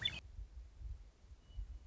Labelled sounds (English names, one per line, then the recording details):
Western Meadowlark
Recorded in Sonoma County, California